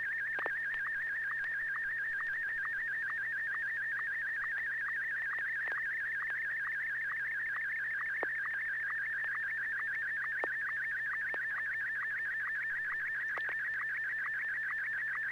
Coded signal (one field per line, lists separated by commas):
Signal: SSTV (slow-scan television)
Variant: Martin 1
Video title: N6NA SSTV Net - 12/23/2020